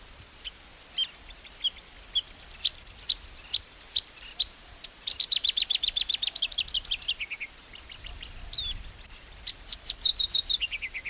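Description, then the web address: Lark calls: thin high chirps spaced about half a second apart, then rapid buzzy trilled runs sliding downward, with a second such run near the end over faint background hiss. "animal song-lark-call"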